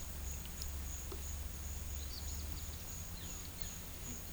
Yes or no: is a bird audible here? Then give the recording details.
yes. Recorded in pastures near Puerto Asís, Putumayo, Colombia, on 21 December 2024 at 12:00. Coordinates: 0.472, -76.329. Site G072